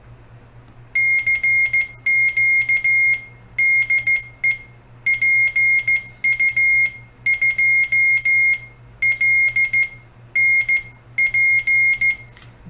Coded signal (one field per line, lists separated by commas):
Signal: Morse code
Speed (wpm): 14 wpm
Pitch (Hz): 2150 Hz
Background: none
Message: CQ DE PU2LNP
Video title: Oscilador telegrafia (cw): usos e aplicações